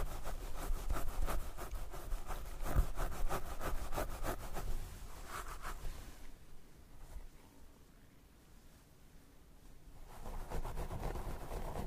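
Hair brushing and scalp massage, with quick repeated scratchy strokes through the first six seconds, one sharp click near 2.7 seconds. The sound then drops to a soft, quiet rubbing for several seconds before brisk brushing strokes pick up again near the end.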